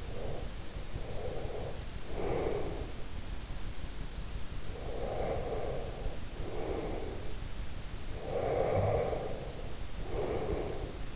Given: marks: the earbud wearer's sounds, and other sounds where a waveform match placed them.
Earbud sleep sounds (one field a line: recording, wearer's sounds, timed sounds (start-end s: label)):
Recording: sounds in sleep by an in-ear microphone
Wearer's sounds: breath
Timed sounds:
0.00-2.88 s: breath
4.71-7.31 s: breath
8.14-11.16 s: breath